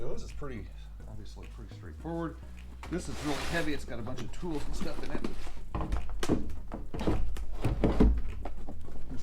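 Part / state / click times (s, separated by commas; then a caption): storage crate onto truck bed rack adapter plate / not seated / none. Someone talks while a heavy, tool-filled Milwaukee Packout plastic crate is set back onto the mounting adapter of a BuiltRight Industries truck bed rack, landing with thuds around 8.5 to 8.8 seconds. The crate just sits on the adapter, and nothing has latched.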